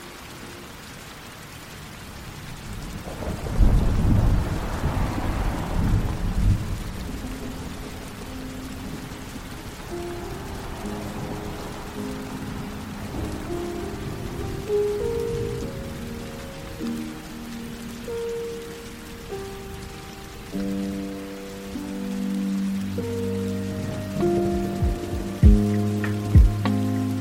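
Rain hisses steadily throughout, and a heavy rumble of thunder rolls in at about four seconds, fading by seven. From around ten seconds, sustained musical tones join in a slow, stepping melody, growing fuller toward the end, with a couple of sharp clicks near 25 seconds.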